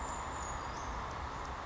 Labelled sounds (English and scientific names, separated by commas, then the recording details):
Brown Creeper (Certhia americana)
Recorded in Sonoma County, California